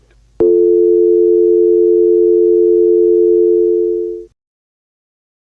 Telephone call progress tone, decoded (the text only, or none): dial tone